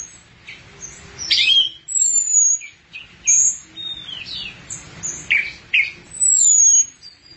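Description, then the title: Thrush singing a varied run of bright whistles, long thin high notes and quick slurred chips. "burung anis x"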